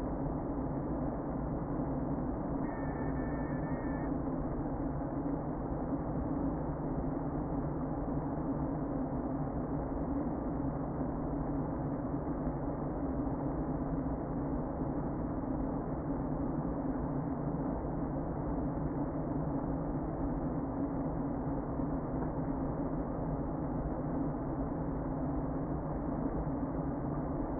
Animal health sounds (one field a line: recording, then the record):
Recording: honeybee colony, microphone inside the hive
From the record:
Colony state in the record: queen present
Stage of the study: before two queens were removed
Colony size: about 60,000 bees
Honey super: yes